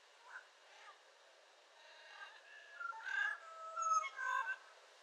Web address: sound yellow-crowned-amazon. صدای-پرنده-آمازون-تاجزرد